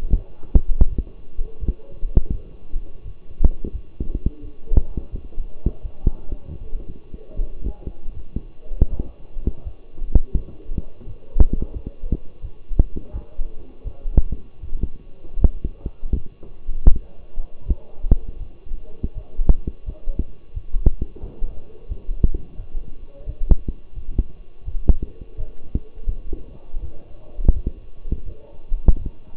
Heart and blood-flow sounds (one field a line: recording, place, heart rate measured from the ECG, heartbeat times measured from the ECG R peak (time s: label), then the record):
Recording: heart sounds by stethoscope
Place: between the tricuspid and mitral areas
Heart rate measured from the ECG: 83 bpm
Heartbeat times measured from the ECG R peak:
0.15 s: heartbeat
0.89 s: heartbeat
1.59 s: heartbeat
2.31 s: heartbeat
3.03 s: heartbeat
3.72 s: heartbeat
4.41 s: heartbeat
5.11 s: heartbeat
5.82 s: heartbeat
6.59 s: heartbeat
7.35 s: heartbeat
8.13 s: heartbeat
8.90 s: heartbeat
9.63 s: heartbeat
10.34 s: heartbeat
11.05 s: heartbeat
11.73 s: heartbeat
12.41 s: heartbeat
13.12 s: heartbeat
13.84 s: heartbeat
14.61 s: heartbeat
15.39 s: heartbeat
16.13 s: heartbeat
16.88 s: heartbeat
17.65 s: heartbeat
18.38 s: heartbeat
19.14 s: heartbeat
19.85 s: heartbeat
20.53 s: heartbeat
21.21 s: heartbeat
21.88 s: heartbeat
22.57 s: heartbeat
23.26 s: heartbeat
23.94 s: heartbeat
24.65 s: heartbeat
25.36 s: heartbeat
26.06 s: heartbeat
26.80 s: heartbeat
27.53 s: heartbeat
28.24 s: heartbeat
28.97 s: heartbeat
From the record:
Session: walking at 3.7 km/h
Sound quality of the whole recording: partially saturated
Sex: male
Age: 24 years